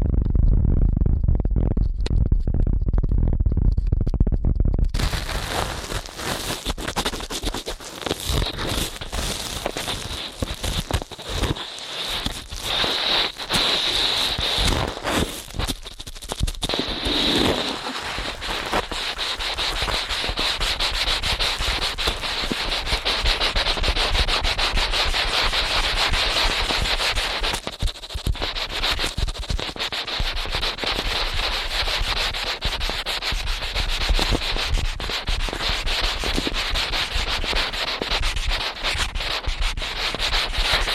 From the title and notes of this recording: ASMR Ear Cleaning at Helicopter Speed.